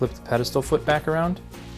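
A plastic pedestal foot for a Samsung AU8000 TV, its height tab flipped up for the higher setting, is being turned back around by hand before it slides back into its mounting slot on the TV underside. Someone talks over faint background music. Nothing has seated or clicked yet.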